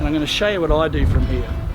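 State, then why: Not seated. Someone talks while handling the ratchet lock on the spring-loaded roll-up roller of a caravan roll-out awning, having stopped the roller from rolling up. Faint background noise sits under the voice. Nothing has seated or clicked yet.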